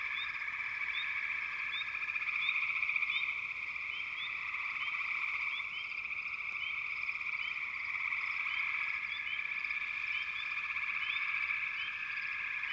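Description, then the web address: Frog chorus, a dense continuous trilling drone with many short rising chirps scattered over it throughout. "FROGS Frog Chourus"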